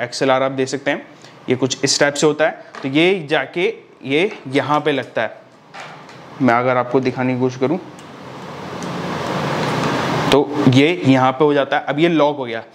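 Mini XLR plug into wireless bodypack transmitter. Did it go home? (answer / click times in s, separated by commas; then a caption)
yes / 10.3 s. A mini XLR plug from a headset microphone is pushed into the socket of a wireless bodypack transmitter, and it seats and locks with a sharp click at 10.3 s. Someone talks before and after, and from about 8 to 10 s there is a soft rising broadband rustle of handling.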